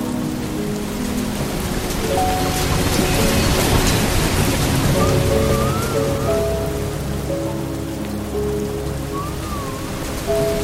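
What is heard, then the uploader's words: Soft piano notes ring out in a slow, sustained melody over a steady rush of flowing water. The water is dense, a constant hiss and low murmur that swells slightly near the middle, while gentle mid-range tones drift in and fade throughout. Relaxing Piano Music and the soothing sounds of a Soft Water Stream. Calming piano tunes and tranquil water sounds.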